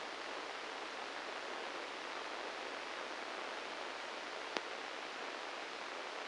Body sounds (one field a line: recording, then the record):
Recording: brain microelectrode recording played as sound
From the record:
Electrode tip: inside the subthalamic nucleus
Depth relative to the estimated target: 5 mm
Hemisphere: right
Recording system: NeuroSet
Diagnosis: Parkinson's disease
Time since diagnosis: 9 years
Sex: male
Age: 56 years